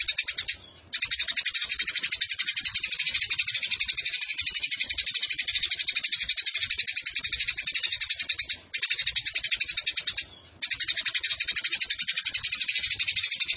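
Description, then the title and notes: Eurasian tree sparrow song: long, fast stream of shrill chirps with three brief gaps, even and relentless in pace. Fighting-style 'tarung nembak panjang' song with long shooting phrases and a clear voice, used as tutor song (masteran) for competition birds. "GEREJA TARUNG NEMBAK PANJANG SUARA JERNIH. Burung Gereja"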